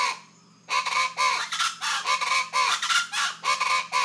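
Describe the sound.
Rufous-vented chachalacas calling, a brief pause and then a fast series of loud, harsh, cackling notes that continue without a break.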